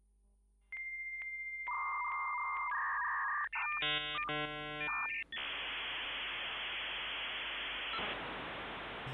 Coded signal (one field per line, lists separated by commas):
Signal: dial-up modem handshake